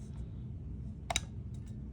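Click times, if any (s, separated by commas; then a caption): 1.1 s, 1.2 s. A repaired plastic latch on the window of an RSI Smart Cap V2 truck bed cap (topper), fixed by gluing it and adding a spring, is pushed closed. Over a low steady background, two sharp clicks sound at 1.1 s and 1.2 s, followed by a faint tick near 1.6 s. The latch, now under more tension, clicks firmly shut.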